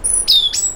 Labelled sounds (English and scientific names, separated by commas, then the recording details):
Stitchbird (Notiomystis cincta) song
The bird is a male
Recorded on Tiritiri Matangi Island, New Zealand, in 2005
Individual 12, of nest box 16